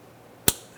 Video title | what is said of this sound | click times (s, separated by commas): How to Replace Vapor Canister Purge Valve 2005-2007 Ford Five Hundred | Install the electrical connector. You'll hear it and feel it snap into place. | 0.5 s